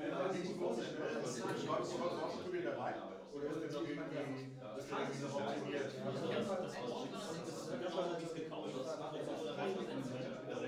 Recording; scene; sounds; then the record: everyday scene through a hearing-aid microphone; many people talking; many voices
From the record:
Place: bistro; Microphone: in the ear canal, right